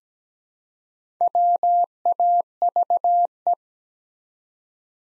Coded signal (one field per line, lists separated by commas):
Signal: Morse code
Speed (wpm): 17 wpm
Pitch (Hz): 700 Hz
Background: none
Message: WAVE